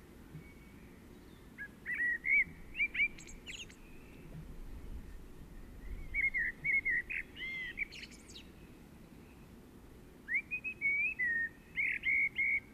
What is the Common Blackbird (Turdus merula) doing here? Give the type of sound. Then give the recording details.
song. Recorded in the wild. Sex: male. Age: adult. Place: Garmisch-Partenkirchen, Bayern, DE. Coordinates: 47.4919, 11.0742. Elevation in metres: 707. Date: 1967-03-26. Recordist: Tretzel, Erwin